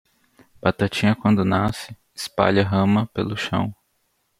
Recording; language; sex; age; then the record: short text; Brazilian Portuguese; male; 20 to 29 years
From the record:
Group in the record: control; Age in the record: 29 years